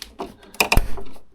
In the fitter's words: And then all you do is you tighten it all the way. And you should hear a click